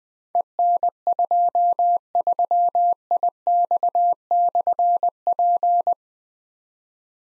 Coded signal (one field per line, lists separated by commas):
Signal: Morse code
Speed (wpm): 20 wpm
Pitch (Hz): 700 Hz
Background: none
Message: EN23IX/P